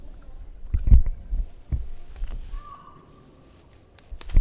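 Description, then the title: Giant panda eating bamboo: a few loud snapping cracks, a quieter pause, then another sharp crack. Eating bamboo in Sichuan, China. "熊猫吃竹子2-中国四川"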